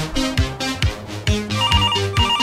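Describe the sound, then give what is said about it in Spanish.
A phone rings as a listener calls in to the radio show Amigos del Americano, with a melodic electronic ringtone: bright synthetic notes over a steady, thumping beat, loud and continuous with no voices. “Tenemos un mensaje teléfono. Por ahí. Tenemos teléfono.”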